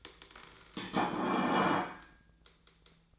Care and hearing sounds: daily activity, microphone in the room; place plate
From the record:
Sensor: 3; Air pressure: 1009.4 hPa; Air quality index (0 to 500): 197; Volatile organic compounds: 16 ppm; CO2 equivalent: 2561 ppm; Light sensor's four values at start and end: 33/82/35/37 and 33/82/35/37

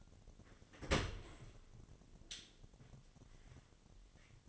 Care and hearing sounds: daily activity, microphone in the room; open dishwasher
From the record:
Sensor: 4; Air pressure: 1007.5 hPa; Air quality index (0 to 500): 201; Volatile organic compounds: 7 ppm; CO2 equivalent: 2004 ppm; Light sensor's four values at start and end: 23/71/27/26 and 22/71/27/26

